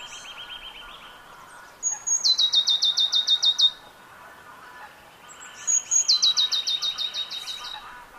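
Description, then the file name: Eurasian blue tit song: a thin high note sliding into a fast, slightly falling trill, given twice, with a lower trill before each. "Cyanistes caeruleus"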